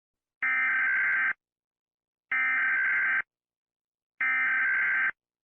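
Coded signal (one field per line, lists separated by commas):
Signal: Emergency Alert System (SAME) tones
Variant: header bursts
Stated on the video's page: Fictional EAS scenario about a creature; simulated alert.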